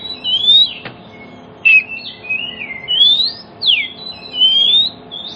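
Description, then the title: Oriental magpie-robin whistling rising and falling slurred notes at an unhurried pace; a single click sounds near the start. Kacer song played as a lure so that other magpie-robins start singing within about five minutes, meant for birds that have stopped singing. "Cukup Hitungan Menit Kacer Lain Bisa Bunyi. CUKUP 5 Menit Kacer LAIN NYAUT JADI GACOR, PANCINGAN KACER MACET BUNYI"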